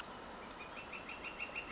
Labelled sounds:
Northern Flicker (Colaptes auratus)
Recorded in Sonoma County, California

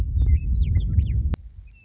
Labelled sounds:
Western Meadowlark (Sturnella neglecta)
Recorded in Sonoma County, California

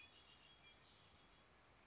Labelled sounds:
Red-winged Blackbird (Agelaius phoeniceus)
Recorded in Sonoma County, California

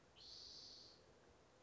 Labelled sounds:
Spotted Towhee (Pipilo maculatus)
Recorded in Sonoma County, California

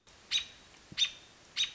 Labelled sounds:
American Robin (Turdus migratorius)
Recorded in Sonoma County, California

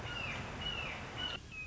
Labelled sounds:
Red-shouldered Hawk (Buteo lineatus)
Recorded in Sonoma County, California

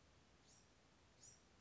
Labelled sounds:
Bewick's Wren (Thryomanes bewickii)
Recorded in Sonoma County, California

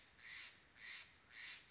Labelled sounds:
Steller's Jay (Cyanocitta stelleri)
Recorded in Sonoma County, California

